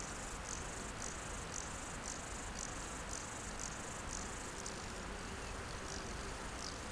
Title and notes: École, France. Au bord de la route du Nant Fourchu dans un pré près du Chéran. criquets mélodieux quelques oiseaux